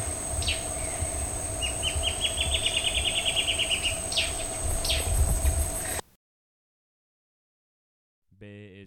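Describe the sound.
Guianan warbling antbird song: a quick series of bright notes that rise and then fall slightly, with steady insect hum behind. A sudden silence follows, then a brief different harmonic sound.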